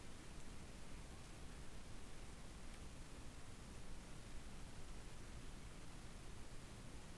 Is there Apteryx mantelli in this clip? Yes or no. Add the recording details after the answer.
no. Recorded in New Zealand on 8 January 2015. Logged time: 04:57. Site BX23